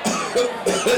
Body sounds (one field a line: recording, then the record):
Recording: coughing mixed with background sound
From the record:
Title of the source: Residual Phlegmy Morning Coughing and Gagging